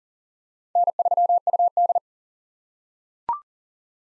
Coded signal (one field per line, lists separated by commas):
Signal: Morse code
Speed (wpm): 40 wpm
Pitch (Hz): 700 Hz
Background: none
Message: N3UD